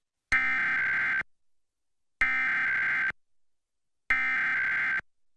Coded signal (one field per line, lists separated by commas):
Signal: Emergency Alert System (SAME) tones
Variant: header bursts